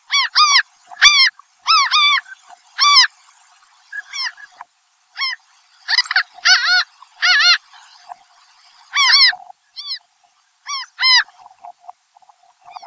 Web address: Phaetusa simplex - Atí